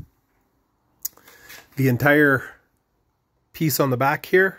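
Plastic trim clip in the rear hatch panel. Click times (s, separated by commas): 1.1 s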